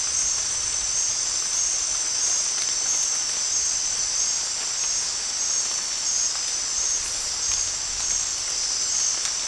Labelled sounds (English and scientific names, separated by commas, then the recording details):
none
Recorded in dense forest near Puerto Asís, Putumayo, Colombia, on 13 March 2025 at 22:30
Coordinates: 0.499, -76.324
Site GP03